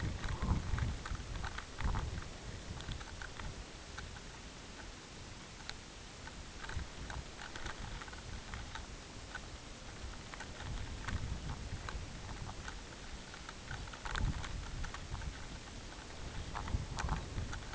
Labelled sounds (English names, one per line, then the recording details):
Common Raven
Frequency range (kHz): Common Raven 0.1-2.2 kHz
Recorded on Arctic tundra, site UTQI-5, on 16 June 2019
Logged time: 02:00